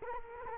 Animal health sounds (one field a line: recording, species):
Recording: mosquito wingbeat signal from an infrared sensor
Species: Culex quinquefasciatus